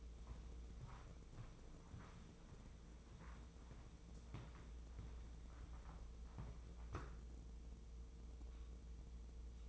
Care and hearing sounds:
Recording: daily activity, microphone in the room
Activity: walk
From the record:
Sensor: 1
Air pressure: 996.0 hPa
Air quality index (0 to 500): 240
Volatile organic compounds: 1000 ppm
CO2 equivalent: 7011 ppm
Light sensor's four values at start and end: 38/94/40/49 and 38/93/40/49

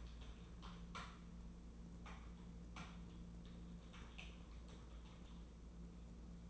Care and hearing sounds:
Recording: daily activity, microphone in the room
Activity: typing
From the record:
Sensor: 1

